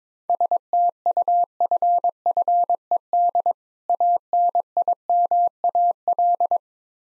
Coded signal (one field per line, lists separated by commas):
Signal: Morse code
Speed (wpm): 22 wpm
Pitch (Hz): 700 Hz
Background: none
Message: STUFFED ANIMAL